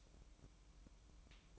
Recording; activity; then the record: daily activity, microphone in the room; light off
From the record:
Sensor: 1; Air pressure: 1007.9 hPa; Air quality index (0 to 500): 116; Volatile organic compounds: 2 ppm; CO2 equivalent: 981 ppm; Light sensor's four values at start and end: 11/26/10/12 and 11/26/10/12